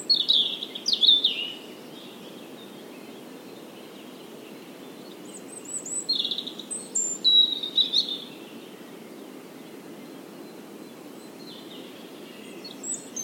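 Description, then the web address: European robin giving a high warbled phrase at the start, a long pause, then a two-part thin, twittering phrase, with low hiss throughout. "SETE Erithacus rubecula"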